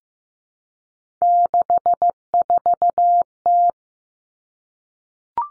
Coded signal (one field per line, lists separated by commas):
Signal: Morse code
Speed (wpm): 15 wpm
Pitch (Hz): 700 Hz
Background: none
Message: 64T